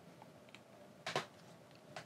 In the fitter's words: and then once you hear the click you want to then push down